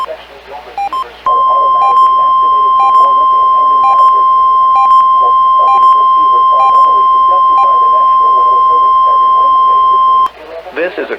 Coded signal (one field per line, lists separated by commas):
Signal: Emergency Alert System (SAME) tones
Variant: 1050 Hz attention tone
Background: speech